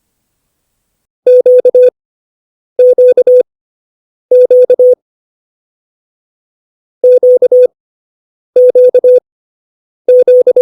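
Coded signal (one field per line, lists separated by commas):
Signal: Morse code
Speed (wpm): 25 wpm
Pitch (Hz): 500 Hz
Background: none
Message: QQQ QQZ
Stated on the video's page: Morse lesson teaching letters E, O, A and I.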